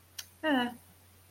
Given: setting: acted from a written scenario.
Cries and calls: vocal sound without words; neutral

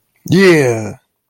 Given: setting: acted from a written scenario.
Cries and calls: vocal sound without words; ecstasy

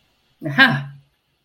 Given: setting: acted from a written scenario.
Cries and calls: vocal sound without words; realization

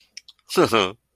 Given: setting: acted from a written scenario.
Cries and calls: vocal sound without words; amusement

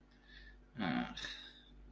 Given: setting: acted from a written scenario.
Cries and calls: vocal sound without words; guilt

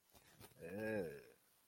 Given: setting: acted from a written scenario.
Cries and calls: vocal sound without words; contempt

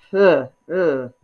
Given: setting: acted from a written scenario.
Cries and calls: vocal sound without words; contempt

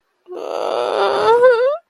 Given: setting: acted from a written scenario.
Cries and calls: vocal sound without words; shame

